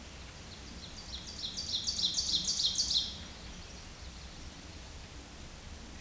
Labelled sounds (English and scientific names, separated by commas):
Ovenbird (Seiurus aurocapilla) song